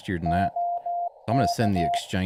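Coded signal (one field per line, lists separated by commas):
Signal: Morse code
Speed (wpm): 16 wpm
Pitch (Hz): 700 Hz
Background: speech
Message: OK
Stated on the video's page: Hunting Parks on the Air (POTA) activations.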